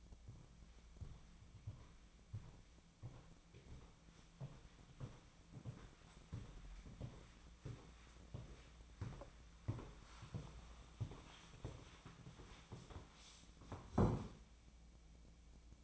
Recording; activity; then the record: daily activity, microphone in the room; walk to room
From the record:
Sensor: 1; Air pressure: 1010.1 hPa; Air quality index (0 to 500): 184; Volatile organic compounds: 16 ppm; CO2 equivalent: 2525 ppm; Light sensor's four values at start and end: 40/101/42/52 and 38/99/41/50